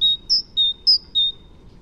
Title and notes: Kjøttmeis by forskningno